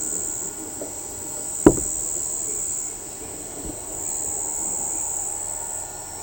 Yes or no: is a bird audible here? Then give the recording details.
no. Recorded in shrubland near Pivijay, Magdalena, Colombia, on 17 April 2023 at 05:00. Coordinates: 10.453, -74.365. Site P5-G022